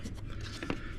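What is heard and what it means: After a new cabin air filter is installed in a 2010 Dodge Charger, the plastic cabin filter access cover is flipped back up and clipped shut into the dash housing. Two short, sharp clicks sound at 0.6 and 0.7 seconds over a steady low background, and the cover is seated.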